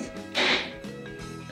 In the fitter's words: למה אחד לא נתפס לי?